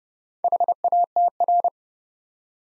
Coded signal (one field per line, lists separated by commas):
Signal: Morse code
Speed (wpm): 28 wpm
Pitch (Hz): 700 Hz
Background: none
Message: HATR